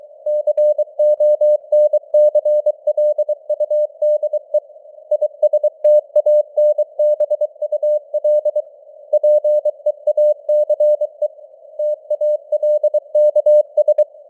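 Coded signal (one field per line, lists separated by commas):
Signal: Morse code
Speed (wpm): 23 wpm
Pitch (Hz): 600 Hz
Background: none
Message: CONCLUDE ISTANBUL PEACE TALKS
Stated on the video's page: Simulated Morse news at 23 WPM with artificial radio noise and varying signal strength (QSB).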